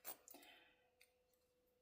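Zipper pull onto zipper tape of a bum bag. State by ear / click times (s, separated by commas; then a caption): not seated / none. A metal or plastic zipper pull is pushed onto the lined-up zipper tape of a bum bag, producing a brief rustle and two faint sharp ticks near 0.3 and 1.0 seconds over a low steady hum. Nothing has clicked into place yet: the teeth are not lined up and leave a lump, so the pull is not threaded properly and has to be tried again.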